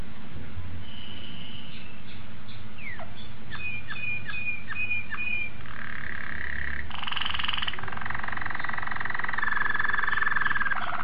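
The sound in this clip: Domestic canary song with a few falling whistled notes, then changing into steady rolling trills and a rattling buzzy tour.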